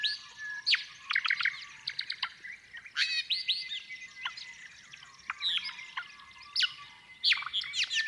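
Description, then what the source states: White-fronted Honeyeater song: rapid bursts of sharp metallic clicks, ticks and buzzy notes in quick succession, with a thin sustained whistle in between. Birds on adjoining home ranges fire mechanical, percussive song elements rapidly back and forth, forming a synchronized duet that may last nearly an hour; inland Australia.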